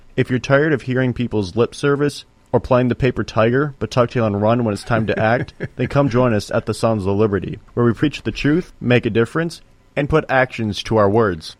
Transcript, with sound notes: If you're tired of hearing people's lip service or playing the paper tiger, but tuck tail and run-
(laughs)
... when it's time to act, then come join us at the Sons of Liberty, where we preach the truth, make a difference, and put actions to our words.